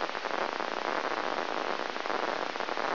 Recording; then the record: brain microelectrode recording played as sound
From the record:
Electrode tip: inside the subthalamic nucleus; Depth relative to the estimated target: 1 mm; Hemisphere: left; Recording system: AlphaMap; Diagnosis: Parkinson's disease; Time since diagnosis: 20 years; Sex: female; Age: 65 years